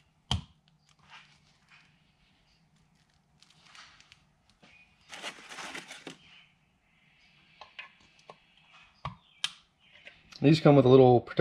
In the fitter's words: these will just snap right in and then these will plug into the original harness